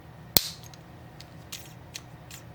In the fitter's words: but it did click. We heard it.